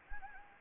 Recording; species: mosquito wingbeat signal from an infrared sensor; Anopheles gambiae